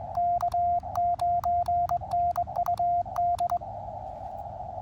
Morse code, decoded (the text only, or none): K9NUD